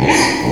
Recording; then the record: squeal of a Yucatan mini pig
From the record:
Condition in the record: before surgery on the right vocal fold (resection and tissue-engineered implant); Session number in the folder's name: 2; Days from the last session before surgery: 0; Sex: male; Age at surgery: 12 weeks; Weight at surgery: 13 kg